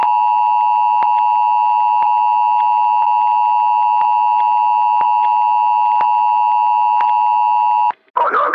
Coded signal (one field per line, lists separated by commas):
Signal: Emergency Alert System (SAME) tones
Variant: 853 and 960 Hz attention tone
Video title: Cheddar and barbecue wavy EAS warning (FOUND FOOTAGE)